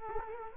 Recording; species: mosquito wingbeat signal from an infrared sensor; Culex quinquefasciatus